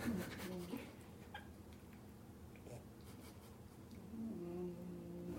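A sleeping bulldog snoring, with soft, irregular snores in a small room. She had been running around with lots of energy just before falling asleep.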